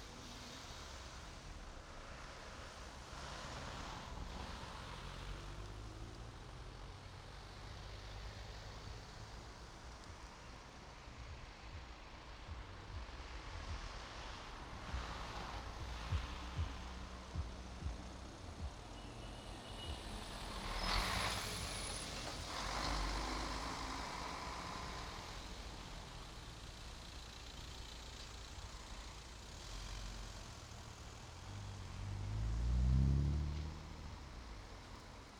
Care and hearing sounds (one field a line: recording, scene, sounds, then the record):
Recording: everyday scene through a hearing-aid microphone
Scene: in traffic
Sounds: traffic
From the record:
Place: main road on the outskirts, rush hour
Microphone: in the ear canal, right